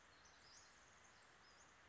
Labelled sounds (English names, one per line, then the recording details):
Western Flycatcher
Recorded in Sonoma County, California